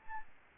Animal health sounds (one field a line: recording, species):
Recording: mosquito wingbeat signal from an infrared sensor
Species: Aedes albopictus